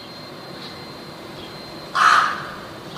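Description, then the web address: Rook call: a single harsh, grating caw near the end, preceded by quiet background with a faint steady tone. "wroblowe ptaki gawron"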